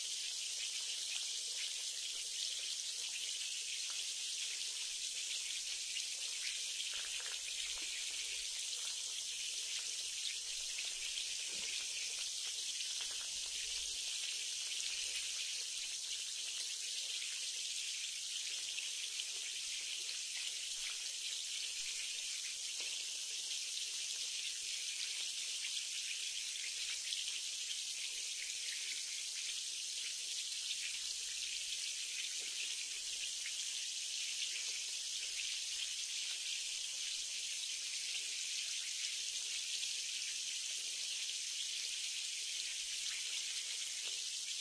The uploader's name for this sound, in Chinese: 气 泡 水